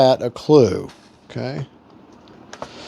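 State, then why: Seated. A plastic servo/light wire connector on an RC plane is pushed into its mating extension plug while someone talks. Two small sharp clicks at 2.5 s and 2.6 s mark the connector clicking in and seating.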